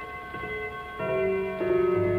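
A 1938 Kinzler clock factory gong, set to German folk songs, sounds its half-hour chime: a few resonant tones struck one after another, each ringing on and overlapping the last, with no voices.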